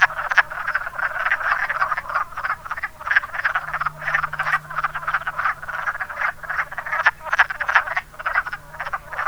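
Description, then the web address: Wood frogs in chorus, many overlapping hoarse clucking croaks packed densely throughout, about three per second, with a faint low hum beneath. "zoology woodfrog"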